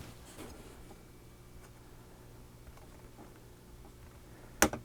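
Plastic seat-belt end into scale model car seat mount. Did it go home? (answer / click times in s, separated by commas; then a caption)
yes / 4.6 s. A plastic seat-belt end on a 1:8 scale DeAgostini Ford GT model car is pressed into its mounting point beside the seat. Faint ticks sit over a low steady hum until a sharp snap at 4.6 s, followed by a smaller rattle. The belt end snaps firmly into place.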